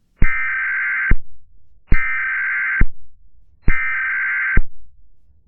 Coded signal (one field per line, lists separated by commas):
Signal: Emergency Alert System (SAME) tones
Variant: header bursts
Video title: The Caddo/Oklahoma City Tornado: An EAS Scenario